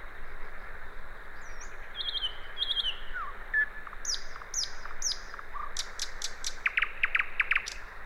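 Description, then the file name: Common nightingale song: thin whistles and slurred notes, then a series of descending high chips and a quick burst of clicks, over low background noise. "Luscinia megarhynchos"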